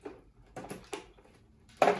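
A plastic attachment is pushed at the right angle and with some force onto the body of a Black & Decker Powerseries handheld vacuum. A few faint knocks and scrapes around 0.6–0.9 s lead up to a sharp, loud click at 1.8 s as the attachment seats firmly into place.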